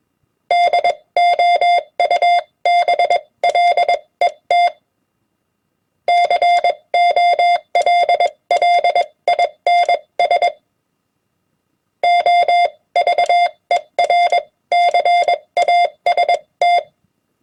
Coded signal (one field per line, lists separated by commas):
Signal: Morse code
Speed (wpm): 21 wpm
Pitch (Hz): 700 Hz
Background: none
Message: DOUBLET COLLINS OVERCAST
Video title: Morse Code HamWords @20 wpm